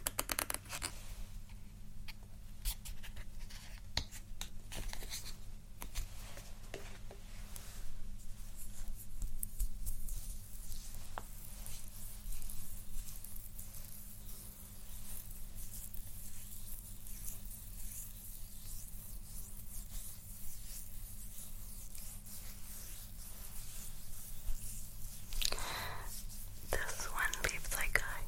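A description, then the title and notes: Makeup ASMR triggers, heard as soft, steady rubbing and scratching over a constant low hum. Faint clicks and light taps scatter through, denser in the first ten seconds, and a brighter swishing scrape rises near the end. ASMR Makeup Triggers.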